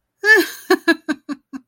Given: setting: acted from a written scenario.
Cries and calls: vocal sound without words; amusement

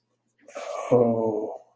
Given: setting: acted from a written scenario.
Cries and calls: vocal sound without words; shame

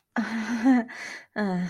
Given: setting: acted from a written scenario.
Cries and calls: vocal sound without words; shame

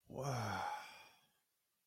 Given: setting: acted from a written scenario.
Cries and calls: vocal sound without words; romantic love

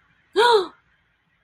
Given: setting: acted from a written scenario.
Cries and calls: vocal sound without words; negative surprise

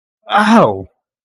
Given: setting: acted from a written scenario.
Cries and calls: vocal sound without words; pain

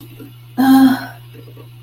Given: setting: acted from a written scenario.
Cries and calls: vocal sound without words; fear

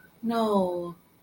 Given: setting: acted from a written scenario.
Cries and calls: vocal sound without words; disappointment

